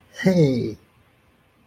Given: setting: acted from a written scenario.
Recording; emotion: vocal sound without words; triumph